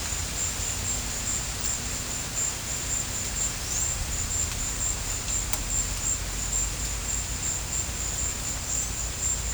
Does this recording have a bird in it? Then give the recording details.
no. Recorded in pastures near Puerto Asís, Putumayo, Colombia, on 16 December 2024 at 16:30. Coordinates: 0.472, -76.331. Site GP02